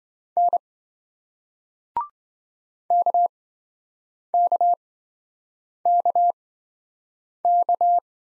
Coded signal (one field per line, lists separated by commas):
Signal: Morse code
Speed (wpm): 28 wpm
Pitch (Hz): 700 Hz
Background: none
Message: N KKKK